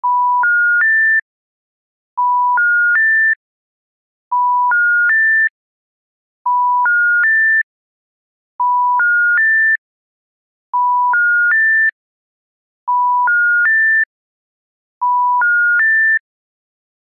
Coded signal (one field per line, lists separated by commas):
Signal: telephone call progress tone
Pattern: special information tone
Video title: Special information tone SIT (USA). Operator intercept (loop). Phone sounds. Sound effects. SFX